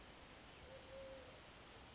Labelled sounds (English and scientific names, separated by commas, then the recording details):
Eurasian Collared Dove (Streptopelia decaocto)
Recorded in Sonoma County, California